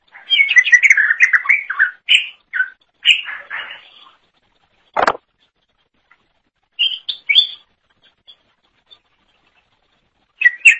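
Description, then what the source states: Leafbird delivering a burst of quick chirpy warbling, then a sharp click and scattered short notes through a mostly quiet second half. Cucak ijo song.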